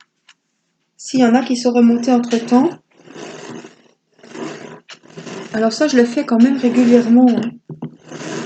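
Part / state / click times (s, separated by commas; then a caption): resin drill into adhesive canvas / not seated / none. A pastry rolling pin is rolled over a finished diamond painting to flatten it and press resin drills into the adhesive canvas. Someone talks over soft rolling and brushing sounds, with a short sharp sound at 7.8 s. Nothing has clicked or seated yet; the loose drill has not snapped into its spot by the end.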